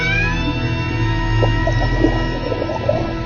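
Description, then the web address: Whale call, a low rumbling tone with overlapping drawn-out moaning notes and a faint rising whistle near the start, steady and continuous throughout. "baleine"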